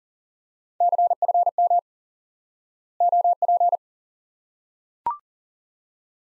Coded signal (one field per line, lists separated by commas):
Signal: Morse code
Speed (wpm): 40 wpm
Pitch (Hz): 700 Hz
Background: none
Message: CFM OP